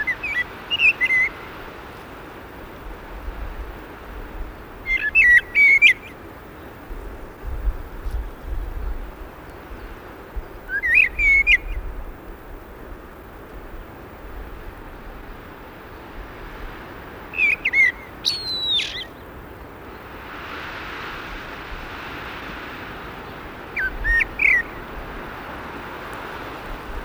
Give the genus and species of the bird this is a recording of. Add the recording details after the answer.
Turdus merula. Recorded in the wild. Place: Eibenstock, Sachsen, DE. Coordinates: 50.495, 12.6. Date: 1975-04-19. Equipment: Nagra III BH, Sennheiser MD 21, parabola. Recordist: Schubert, Michael